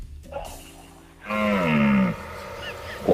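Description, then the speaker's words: Red deer roaring: after a quiet start, one deep, harmonic, drawn-out bellow lasting under a second. Rut roar (berrea), played as a sound in a radio quiz. "Yo creo que es la berrea del ciervo. Pues efectivamente."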